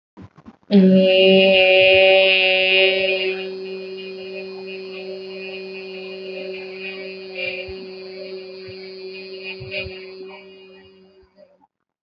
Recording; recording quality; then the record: sustained vowel as in made; excellent, no background noise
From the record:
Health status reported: healthy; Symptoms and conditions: none ticked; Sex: female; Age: 26 years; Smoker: yes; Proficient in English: yes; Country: India